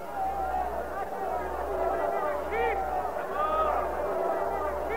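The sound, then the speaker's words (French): A dense mass of voices shouting and yelling together, a loud, continuous roar of an angry crowd with rising cries breaking through, over a low steady rumble. “Ce ne sont que des cris, n'aie pas peur.”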